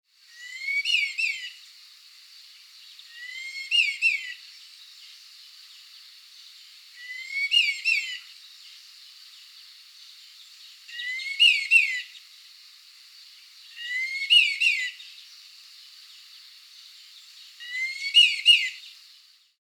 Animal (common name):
Red-tailed Laughingthrush